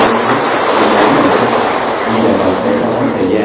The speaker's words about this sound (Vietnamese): Một lần nữa xin quý vị cho một tràng pháo tay thật to.